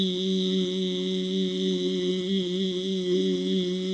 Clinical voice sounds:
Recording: sustained vowel /i/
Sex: male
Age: 60 to 69 years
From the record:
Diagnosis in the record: amyotrophic lateral sclerosis, spinal onset 37 months earlier, bulbar signs present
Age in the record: 68 years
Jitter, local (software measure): 0.56%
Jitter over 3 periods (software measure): 0.23%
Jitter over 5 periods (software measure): 0.32%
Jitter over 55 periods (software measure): 1.50%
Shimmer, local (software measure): 7.9%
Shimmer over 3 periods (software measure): 3.7%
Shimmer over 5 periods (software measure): 5.1%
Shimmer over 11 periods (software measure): 7.7%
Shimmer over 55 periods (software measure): 15.2%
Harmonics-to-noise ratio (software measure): 10.1 dB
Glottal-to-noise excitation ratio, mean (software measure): 0.89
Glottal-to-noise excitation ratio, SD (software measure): 0.029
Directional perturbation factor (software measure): 52.4%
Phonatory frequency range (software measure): 0.15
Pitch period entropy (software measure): 1.40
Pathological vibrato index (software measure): 0.78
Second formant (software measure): 3515 Hz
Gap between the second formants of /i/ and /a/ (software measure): 2158 Hz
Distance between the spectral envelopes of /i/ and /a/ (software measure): 11.1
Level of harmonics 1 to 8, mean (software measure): -48.9, -6.8, -24.2, -7.0, -50.2, -26.9, -57.6, -49.2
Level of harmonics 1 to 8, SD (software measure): 6.2, 2.8, 8.7, 1.8, 6.7, 2.1, 5.1, 5.3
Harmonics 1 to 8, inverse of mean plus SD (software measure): 0.018, 0.104, 0.030, 0.113, 0.018, 0.034, 0.016, 0.018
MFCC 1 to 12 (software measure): -7.2, 19.0, -10.3, -8.5, -23.2, -8.3, -16.3, 1.4, -4.3, -15.3, 1.4, -11.2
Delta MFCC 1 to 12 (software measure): 0.003, 0.000, 0.008, -0.023, 0.006, -0.012, 0.018, 0.004, 0.005, -0.007, 0.007, -0.002

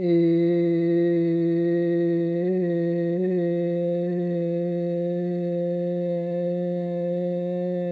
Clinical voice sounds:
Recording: sustained vowel /i/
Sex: female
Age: 50 to 59 years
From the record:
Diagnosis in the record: amyotrophic lateral sclerosis, spinal onset 35 months earlier, no bulbar signs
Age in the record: 57 years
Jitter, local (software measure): 0.27%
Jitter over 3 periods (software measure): 0.13%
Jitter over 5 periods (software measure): 0.18%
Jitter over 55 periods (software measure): 0.68%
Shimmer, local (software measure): 1.7%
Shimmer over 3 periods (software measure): 0.6%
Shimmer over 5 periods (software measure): 1.0%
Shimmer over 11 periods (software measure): 2.0%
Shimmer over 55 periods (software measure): 4.6%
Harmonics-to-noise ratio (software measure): 19.7 dB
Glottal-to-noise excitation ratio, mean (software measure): 0.90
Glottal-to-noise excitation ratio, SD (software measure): 0.030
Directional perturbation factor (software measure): 58.5%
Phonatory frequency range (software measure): 0.18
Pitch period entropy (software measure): 1.10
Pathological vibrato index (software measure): 0.75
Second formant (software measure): 1986 Hz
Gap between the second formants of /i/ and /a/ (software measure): 562 Hz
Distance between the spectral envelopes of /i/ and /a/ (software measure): 5.7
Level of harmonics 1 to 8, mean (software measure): -10.7, -10.1, -12.6, -29.2, -54.3, -54.4, -55.4, -61.4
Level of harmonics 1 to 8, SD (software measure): 1.1, 4.9, 2.9, 1.7, 5.2, 6.1, 6.1, 5.2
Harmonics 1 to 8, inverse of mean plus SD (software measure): 0.085, 0.067, 0.064, 0.032, 0.017, 0.017, 0.016, 0.015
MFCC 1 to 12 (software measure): 4.3, 8.0, -6.8, -25.0, -12.2, 6.7, -11.5, 1.3, -10.5, -10.7, -8.6, 4.0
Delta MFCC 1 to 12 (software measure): 0.000, -0.002, -0.001, 0.002, -0.003, 0.019, 0.002, -0.005, 0.000, -0.007, -0.013, 0.015

